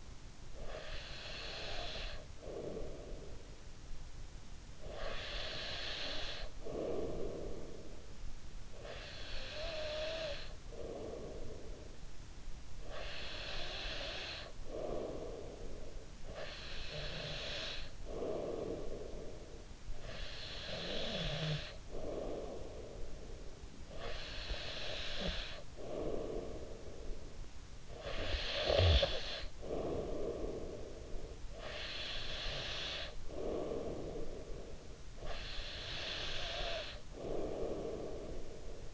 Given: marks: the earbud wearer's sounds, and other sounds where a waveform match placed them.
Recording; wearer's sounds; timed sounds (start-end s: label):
sounds in sleep by an in-ear microphone; breath, snoring breath
0.01-3.66 s: breath
4.64-23.27 s: breath
23.50-27.27 s: breath
27.62-31.45 s: snoring breath
31.22-38.94 s: breath